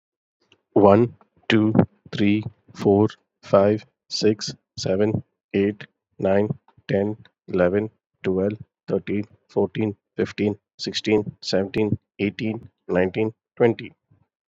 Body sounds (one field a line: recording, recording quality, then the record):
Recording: counting at a normal pace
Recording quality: excellent, no background noise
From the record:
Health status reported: COVID-19 positive, mild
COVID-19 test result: positive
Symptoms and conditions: cold, fatigue, loss of smell and taste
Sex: male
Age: 34 years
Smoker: yes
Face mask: not worn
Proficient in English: yes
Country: India